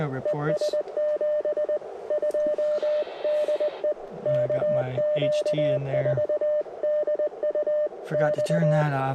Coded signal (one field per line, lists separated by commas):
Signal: Morse code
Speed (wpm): 20 wpm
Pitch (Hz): 600 Hz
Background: speech, radio noise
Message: ES 72 DE KQ4DUX